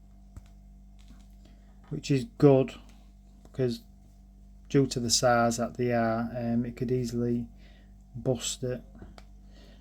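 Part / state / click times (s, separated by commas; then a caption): swappable hand onto action figure wrist peg / not seated / none. Someone talks while pushing a swappable soft plastic hand onto the wrist peg of a 1:12 action figure, and a sharp pop sounds near the end, at about 9.2 s. Despite the pop, the hand has not seated on the peg, and nothing has clicked into place.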